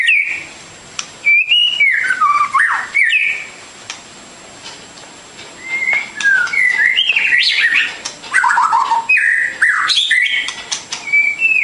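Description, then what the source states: Bird song of quick whistled slides and downward-sweeping phrases in several bursts, with brief quiet gaps between them. Complete masteran birdsong for training.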